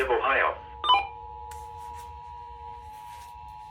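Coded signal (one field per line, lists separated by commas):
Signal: Emergency Alert System (SAME) tones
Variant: 853 and 960 Hz attention tone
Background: speech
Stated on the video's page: Statewide tornado drill relayed on several FM stations and a weather radio station, decoded as a weekly test; some stations slightly delayed.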